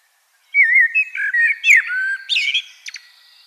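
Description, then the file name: Common blackbird singing one phrase: mellow fluted whistles that warble around the middle range, ending in a few thin, high squeaky twitters. "Turdus merula"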